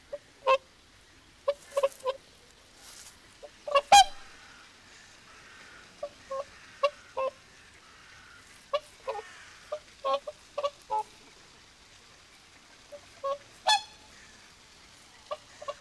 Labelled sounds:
Whooper Swan (Cygnus cygnus) call

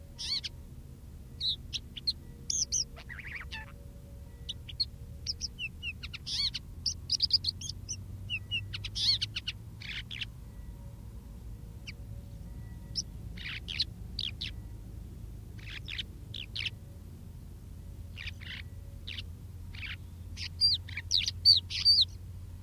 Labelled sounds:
Crested Lark (Galerida cristata) song

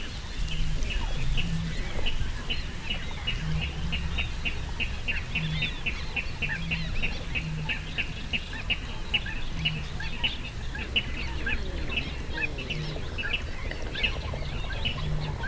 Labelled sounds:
Water Rail (Rallus aquaticus)

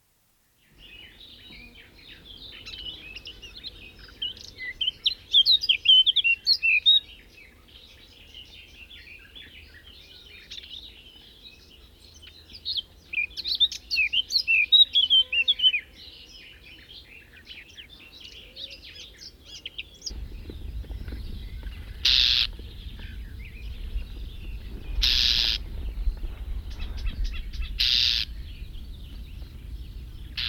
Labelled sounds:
Eurasian Blackcap (Sylvia atricapilla)

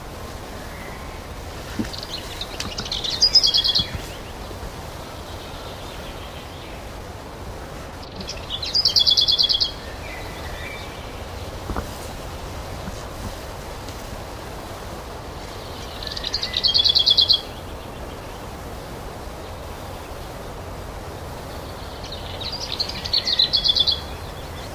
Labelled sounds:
Lesser Whitethroat (Sylvia curruca) song

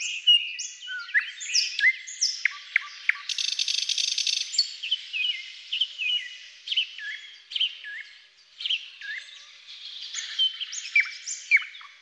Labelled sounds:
Thrush Nightingale (Luscinia luscinia) song

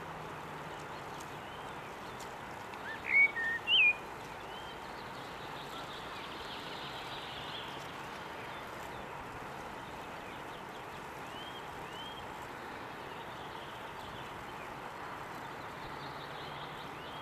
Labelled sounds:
Common Blackbird (Turdus merula) song

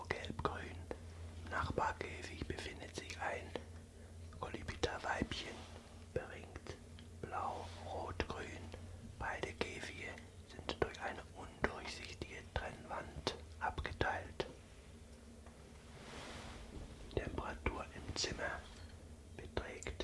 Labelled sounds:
Common Chiffchaff (Phylloscopus collybita)

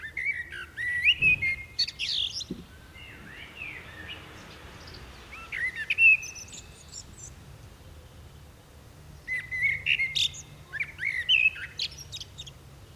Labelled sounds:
Common Blackbird (Turdus merula) song

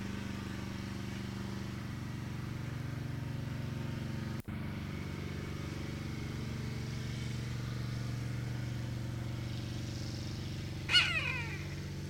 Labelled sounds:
Long-legged Buzzard (Buteo rufinus)

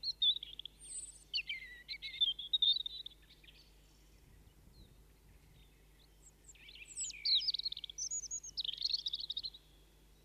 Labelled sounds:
European Robin (Erithacus rubecula) song

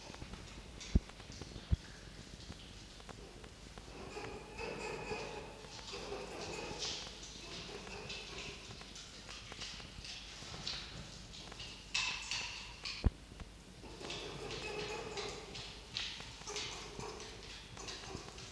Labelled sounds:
Red Fox (Vulpes vulpes)

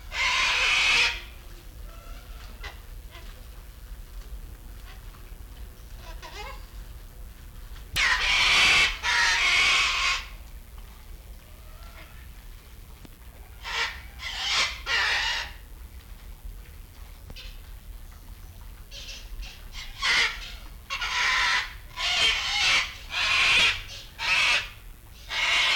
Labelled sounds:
Sulphur-crested Cockatoo (Cacatua galerita) call

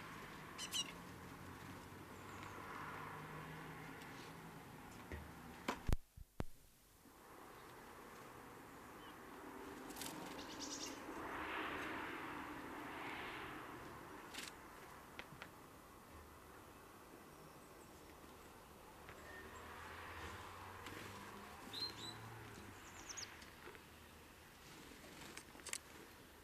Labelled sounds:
House Sparrow (Passer domesticus) call

